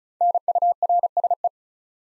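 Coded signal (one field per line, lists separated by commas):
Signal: Morse code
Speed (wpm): 36 wpm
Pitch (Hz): 700 Hz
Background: none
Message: NURSE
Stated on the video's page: Morse code practice at 35 wpm: 3- to 5-letter words built up one letter at a time, for instant character recognition training.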